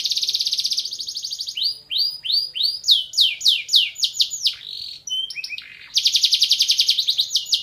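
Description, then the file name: Canary song: a fast buzzy trill opens, then a run of high downslurred whistles, before another rapid even trill rolls to the end. "kompilasi kicauan kenari van helsing omkicau"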